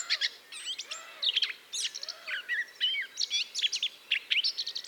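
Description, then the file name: Eurasian blackcap warbling, with bright chirps and twitters, accompanied by a few soft, low, arching notes. "Sylvia atricapilla"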